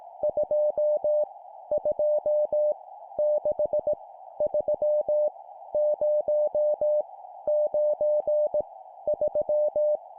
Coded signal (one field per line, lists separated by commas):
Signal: Morse code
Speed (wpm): 18 wpm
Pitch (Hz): 600 Hz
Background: none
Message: 2 2 6 3 0 9 3